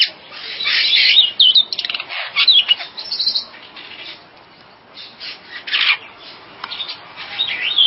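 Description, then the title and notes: Bird calls, quick twittering whistles and chirps crowding the first seconds, then quieter scattered notes and a few louder bursts toward the end. "Bird Sound. Kicau Burung Lengkap"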